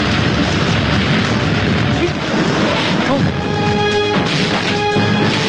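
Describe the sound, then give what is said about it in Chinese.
A missile that fell out of the back of a truck on a very steep slope crashes down into a canyon ahead with a loud, sustained roar of rumbling, clattering debris that stays dense throughout, while strained voices briefly cut through near the end. “又不小心踩了一下刹车，一直车后的一颗飞弹冲了出来，落在了前方的峡谷里。”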